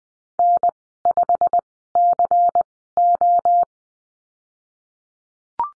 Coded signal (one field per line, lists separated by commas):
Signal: Morse code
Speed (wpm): 20 wpm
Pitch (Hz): 700 Hz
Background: none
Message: N5CO